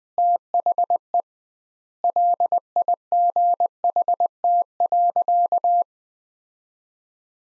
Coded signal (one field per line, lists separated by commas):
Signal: Morse code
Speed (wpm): 20 wpm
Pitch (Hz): 700 Hz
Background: none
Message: THE LIGHT.